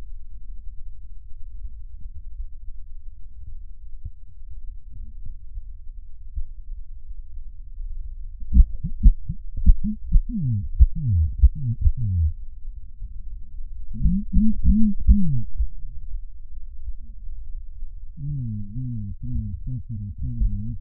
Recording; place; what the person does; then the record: lung sounds by stethoscope; right posterior apical chest; quiet breathing, then cough and speech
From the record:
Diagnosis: none (healthy); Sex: male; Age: 60 years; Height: 190 cm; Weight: 150 kg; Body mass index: 41.6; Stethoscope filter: bell mode